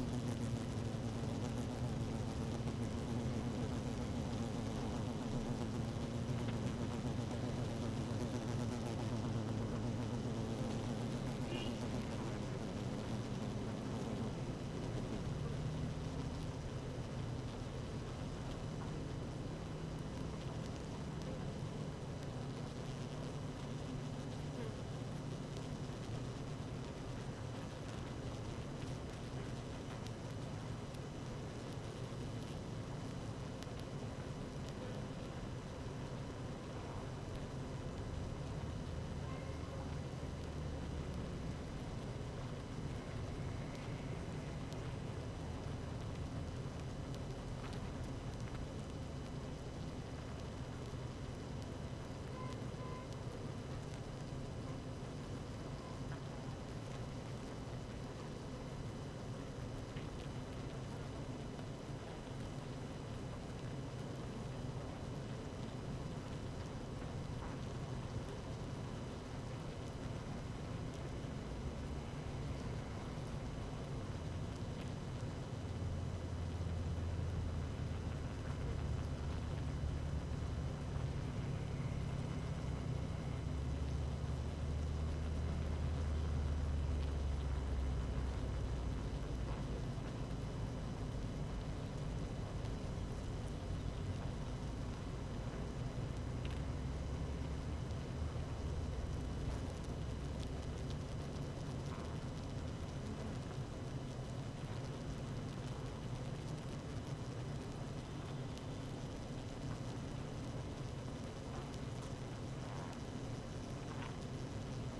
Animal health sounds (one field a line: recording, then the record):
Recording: honeybee colony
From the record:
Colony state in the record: active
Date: 12 June 2018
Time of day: 17:22